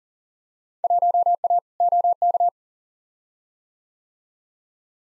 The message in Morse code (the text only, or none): 1A OK